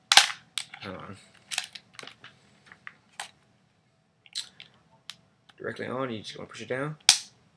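A snap-on part is handled and pushed down onto its base while someone talks, with sharp tapping and knocking handling sounds throughout. The clip ends before the part goes home, and nothing has seated or clicked yet.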